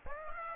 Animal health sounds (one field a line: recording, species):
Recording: mosquito wingbeat signal from an infrared sensor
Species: Aedes aegypti